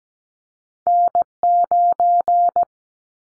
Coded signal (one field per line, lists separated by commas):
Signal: Morse code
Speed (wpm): 17 wpm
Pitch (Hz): 700 Hz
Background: none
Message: N9